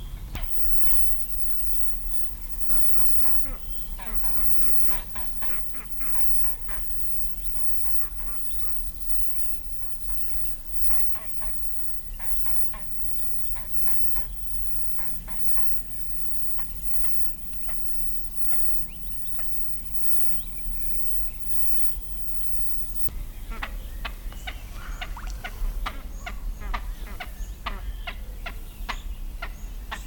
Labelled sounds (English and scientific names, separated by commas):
Great Crested Grebe (Podiceps cristatus) call